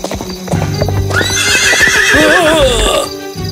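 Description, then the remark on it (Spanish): A horse ridden in the middle of a street whinnies loudly with a high, wavering cry that falls in pitch, while hooves clop in a steady rhythm on a hard surface underneath. “No se puede montar a caballo en medio de la calle.”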